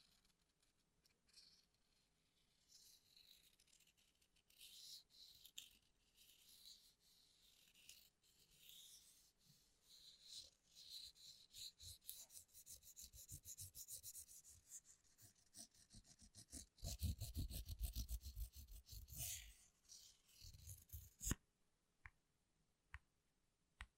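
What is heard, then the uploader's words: Fast tapping and scratching on electronic devices, keyboards and product boxes, with crisp, bright clicks coming in dense, irregular flurries. Around 17 to 19 seconds a heavier, hollow thumping burst takes over. After about 21 seconds it falls nearly silent. Gentle/Fast tapping on all things Apple. You'll hear me tapping HomePod mini, Magic Keyboards, different MacBooks, awesome product boxes and cases that make amazing sounds etc.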